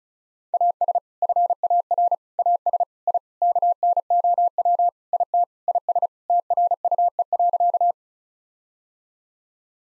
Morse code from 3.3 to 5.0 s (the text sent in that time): KNOW